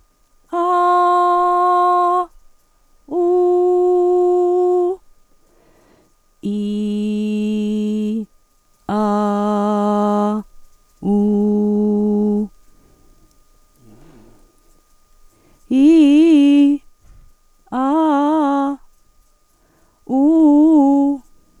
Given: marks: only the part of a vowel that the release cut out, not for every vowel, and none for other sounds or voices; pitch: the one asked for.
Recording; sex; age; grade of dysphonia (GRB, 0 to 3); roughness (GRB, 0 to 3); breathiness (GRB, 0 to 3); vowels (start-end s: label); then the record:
sustained vowels; female; 50 to 59 years; 1; 1; 1
0.70-2.12 s: vowel /a/, high pitch
3.29-4.76 s: vowel /u/, high pitch
6.61-8.05 s: vowel /i/, low pitch
9.06-10.18 s: vowel /a/, low pitch
11.27-12.29 s: vowel /u/, low pitch
15.83-16.64 s: vowel /i/, low-high-low pitch
17.84-18.65 s: vowel /a/, low-high-low pitch
20.19-21.08 s: vowel /u/, low-high-low pitch
From the record:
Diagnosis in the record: dysodia (singing voice disorder); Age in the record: 50 years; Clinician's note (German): Leichte Asymmetrie